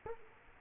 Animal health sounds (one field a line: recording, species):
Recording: mosquito wingbeat signal from an infrared sensor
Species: Culex quinquefasciatus